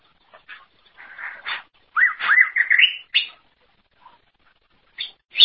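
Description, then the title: Greater green leafbird song: a few soft notes, then a loud rising series of slurred whistles and chirps, followed by short separate notes. "Cucak ijo"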